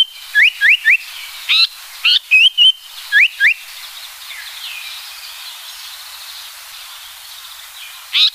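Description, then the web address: Japanese paradise flycatcher song: three quick rising whistles, two harsher buzzy notes, two level whistles and two more rising whistles, followed by several seconds of quiet and one last buzzy note. "sikioto birds sankoucho"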